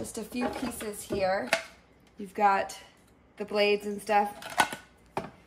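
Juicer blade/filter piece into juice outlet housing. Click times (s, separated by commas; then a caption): 5.2 s. A Hamilton Beach juicer's cutting blade and filter piece is pressed into the plastic housing where the juice comes out while someone talks. It pops into place with one sharp, loud hit at 5.2 s that dies away quickly.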